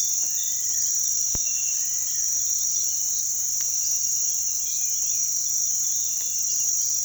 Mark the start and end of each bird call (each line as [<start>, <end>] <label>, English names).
[0.00, 2.44] unidentified bird
[0.00, 2.53] Social Flycatcher
[0.32, 0.99] Piratic Flycatcher
[2.52, 3.08] Piratic Flycatcher
[3.10, 7.04] unidentified bird
[4.62, 5.35] Yellow-crowned Tyrannulet
[6.26, 6.91] Piratic Flycatcher